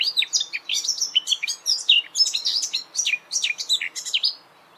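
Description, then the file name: Eurasian blackcap song throughout, a loud, rapid warble of slurred and fluty notes tumbling over one another, fading out at the very end. "Sylvia atricapilla"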